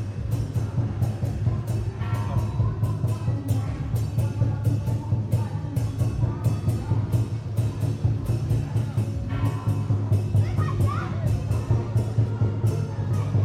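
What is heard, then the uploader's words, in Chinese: A temple procession returning from a pilgrimage fills a street corner with loud, dense percussion. Sharp cymbal-like crashes land at a fast, steady pulse over a heavy, continuous low drumming rumble, with faint voices and other noise blurred underneath. 北安府癸卯年謁祖晉香回鑾–聲音現場。台北市樹德公園–大龍街87巷巷口與巷內。上午。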